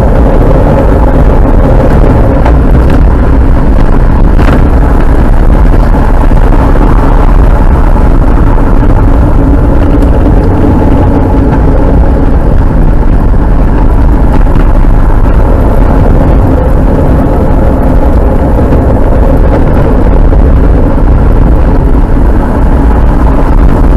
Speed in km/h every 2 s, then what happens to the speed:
79, 77, 78, 72, 60, 43, 40, 38, 45, 45, 41, 40.
4-13 brakes to 38. 13-24 steady at about 41.